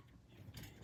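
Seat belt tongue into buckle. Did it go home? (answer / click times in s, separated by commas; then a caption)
no / none. A metal seat belt tongue is pushed toward the buckle in a Jeep, with quiet low rumble and light metallic rattling as it is handled, and a brief bright burst of noise at the very end. Nothing has seated or clicked yet.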